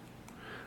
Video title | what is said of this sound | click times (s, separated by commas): Transformers Titans Return: Delux Class Twinferno and Daburu | which forms a nice solid connection and a satisfying click. | 0.3 s